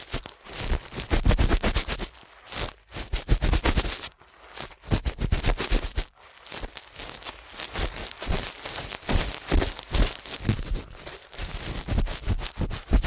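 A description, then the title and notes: Ear cleaning at rapid speed: dense, fast scratchy rubbing and crackling in quick bursts, with brief pauses near two, four and six seconds. ASMR Ear Cleaning at Helicopter Speed.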